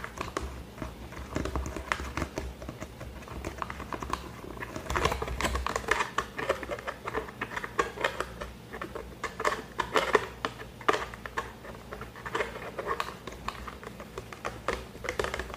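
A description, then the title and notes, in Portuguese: ASMR with objects from a room's decor: dense tapping and handling sounds, with quick clicks and knocks landing irregularly throughout, a few sharper taps around the middle. A faint, steady low hum sits underneath the whole time. ASMR com os objetos do meu cenário de vídeos e lives.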